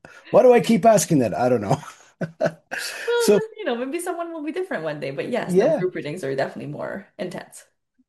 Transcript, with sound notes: So why do I keep asking that? I don't know. (laughs) So...
Well, you know, maybe someone will be different one day. But yes-
Yeah.
... group readings are definitely more intense.